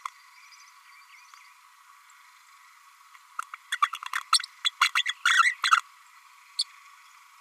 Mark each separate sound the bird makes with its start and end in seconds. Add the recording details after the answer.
3.71-3.76, 3.82-3.90, 3.94-3.98, 4.15-4.21, 4.64-4.71, 4.80-4.91, 4.95-5.03, 5.25-5.42, 5.71-5.79, 6.59-6.64. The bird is a female. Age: 32 days. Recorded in a nest box in Venezuela. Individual 17B32A5